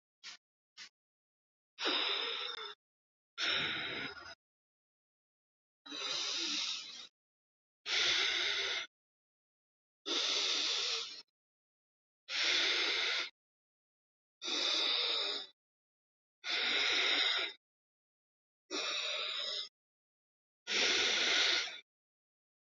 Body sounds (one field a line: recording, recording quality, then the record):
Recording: deep breathing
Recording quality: excellent, no background noise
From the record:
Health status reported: healthy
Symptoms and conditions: none ticked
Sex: male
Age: 60 years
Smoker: not ticked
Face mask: worn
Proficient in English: yes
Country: India